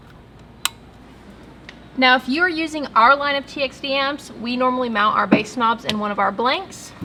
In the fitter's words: make sure that snaps into place and then same thing with my new 24 pin